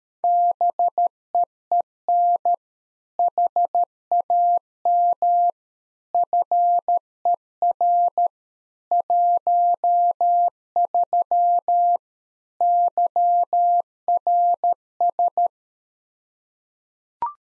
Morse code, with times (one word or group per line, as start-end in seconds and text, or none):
0.2-2.5 BEEN
3.2-5.5 HAM
6.1-8.3 FER
8.9-12.0 13
12.6-15.5 YRS